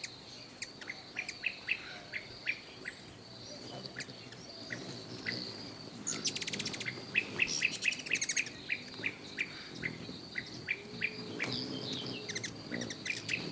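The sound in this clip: Bird giving a run of short, sharp rising chips at uneven intervals, broken midway by a dry buzzy rattling burst, over a steady high insect whine.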